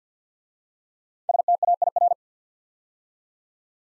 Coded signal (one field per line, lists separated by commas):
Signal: Morse code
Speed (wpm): 53 wpm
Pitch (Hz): 700 Hz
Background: none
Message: STAIR